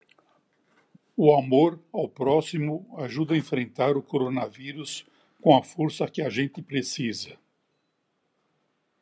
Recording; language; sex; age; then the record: spoken sentence; Brazilian Portuguese; male; 80 to 89 years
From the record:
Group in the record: control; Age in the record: 81 years